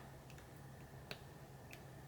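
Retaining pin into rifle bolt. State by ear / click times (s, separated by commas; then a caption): seated / 1.1 s. A stubborn retaining pin in a steel AK rifle bolt is pushed further in, with a smaller pin used as a punch under extra pressure. Light metallic ticks sound at about 0.3 s and 1.7 s, with the sharpest click at 1.1 s. The retaining pin is then pressed fully home and completely seated.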